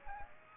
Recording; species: mosquito wingbeat signal from an infrared sensor; Aedes aegypti